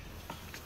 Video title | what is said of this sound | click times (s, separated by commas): DIY How to Install 10.25" Android navigation backup camera Audi A5 Q5 A4 | make sure that the two seams are lined up until it's flush and you hear a click | 0.3 s, 0.5 s